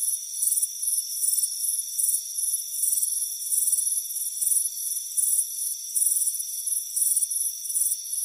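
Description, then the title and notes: Chirping crickets repeat brief high trills roughly twice a second, an unbroken shimmering chorus layered over faint continuous tonal hum. Crickets chirping on a warm afternoon at a front porch. "Soothing Crickets Chirping Sound. It's a warm afternoon as you relax in a hammock on the front porch"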